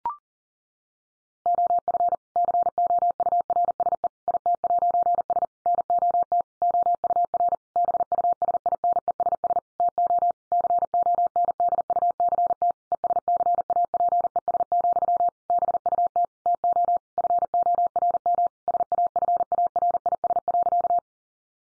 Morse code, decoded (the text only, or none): OF COURSE IT'S NOT OUR BUSINESS TO CONDUCT ESCAPES, BUT TO FORM SAFARIS.